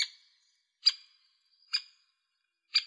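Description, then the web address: Great spotted woodpecker calls: four sharp, high, clipped notes, each abrupt and spaced about a second apart, with silence between. Slovenia. "Dendrocopos major"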